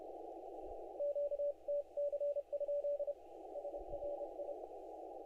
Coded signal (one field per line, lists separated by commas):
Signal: Morse code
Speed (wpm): 30 wpm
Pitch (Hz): 580 Hz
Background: none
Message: QTC? SRI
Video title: Listening around ow WAE CW Contest on 20M 8/10/25 20:00Z